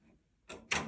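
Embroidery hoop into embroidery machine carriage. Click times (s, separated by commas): 0.7 s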